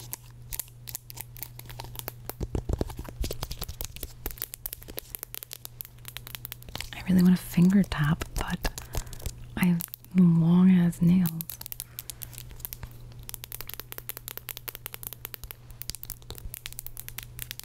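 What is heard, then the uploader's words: Microphone scratching: dense, irregular crackles and scrapes run the whole way through, with a steady low hum underneath. Around seconds 7 to 8 and again near 10 to 11, louder bursts carry a brief voice-like tone before the scratchy rustling settles back down. ASMR Chaotic Video From My Drafts (Mic Scratchies + Rambles).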